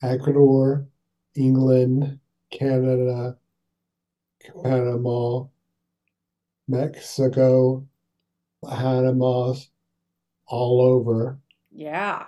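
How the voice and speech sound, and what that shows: Adult male with aphasia after a stroke from a brain bleed seven years ago, speaking in single words. He lists countries one at a time with long pauses: Ecuador, England, Canada, Panama, Mexico, with a false start on Panama, then says "all over. Yeah."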